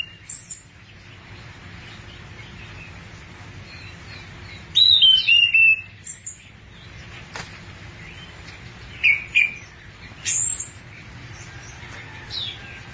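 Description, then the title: Thrush song in short separated bursts of descending high chirps and quick whistled notes, with quiet gaps between them. "burung anis x"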